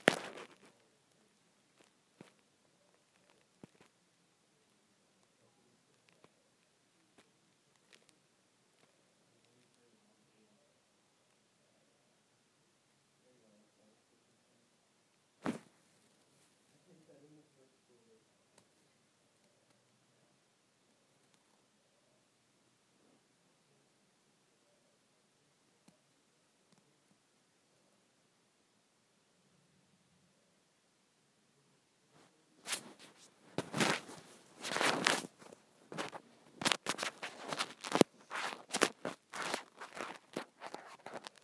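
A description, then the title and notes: Scrunchie sounds: a long hush with faint murmurs and a sharp tap near fifteen seconds, then dense, bright scrunching rustles from thirty-three seconds. ASMR Satisfying Scrunchie Sounds.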